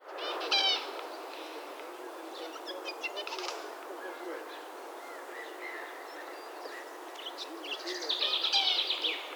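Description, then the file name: Eurasian jay giving harsh, rasping calls, a loud burst near the start and another series near the end, with fainter sounds in between. "Garrulus glandarius"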